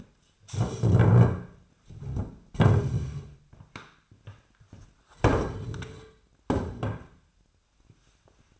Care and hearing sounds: daily activity, microphone in the room; stand up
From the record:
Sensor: 2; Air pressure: 1007.8 hPa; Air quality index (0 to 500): 179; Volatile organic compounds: 10 ppm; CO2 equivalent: 2204 ppm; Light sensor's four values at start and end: 10/23/10/10 and 10/23/10/10

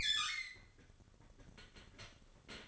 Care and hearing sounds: daily activity, microphone in the room; open fridge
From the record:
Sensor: 4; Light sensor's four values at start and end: 15/35/14/14 and 15/35/14/14

